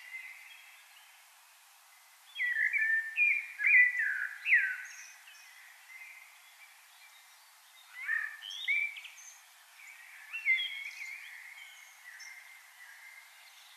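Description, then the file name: Common blackbird delivers several rich warbled phrases with scratchy high notes, separated by pauses, over a steady background hiss. "Turdus merula"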